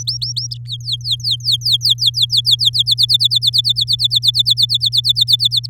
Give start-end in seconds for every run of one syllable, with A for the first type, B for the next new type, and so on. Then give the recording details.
0.00-0.47 A, 0.51-2.70 B, 2.73-5.67 C. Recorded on 10 May 2018 at 15:27. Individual llb16